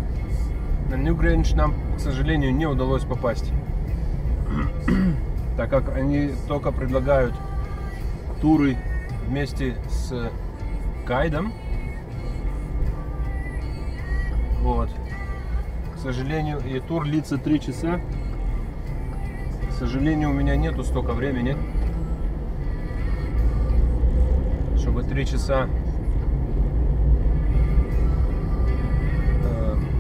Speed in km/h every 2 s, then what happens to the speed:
23, 22, 16, 14, 13, 8, 13, 11, 6, 13, 23, 29, 35, 41, 43.
0-9 slows to 8. 9-16 steady at about 8. 16-30 speeds up to 43.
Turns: none.